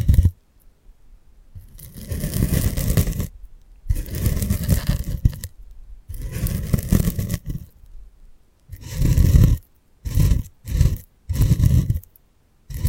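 Ear picking with various props: bursts of rough scraping and rubbing, each lasting one to two seconds, separated by near silence. The early strokes are longer and steadier; after nine seconds they turn short and quick, four in rapid succession.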